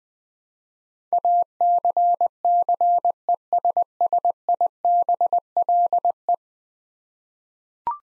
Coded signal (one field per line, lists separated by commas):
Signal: Morse code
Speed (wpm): 20 wpm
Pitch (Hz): 700 Hz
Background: none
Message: ACCESSIBLE